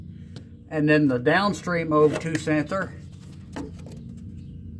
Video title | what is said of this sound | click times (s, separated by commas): 2013 Nissan Pathfinder 4WD transfer case replacement | Just make sure you squeeze that connector together till you hear it click, | 0.4 s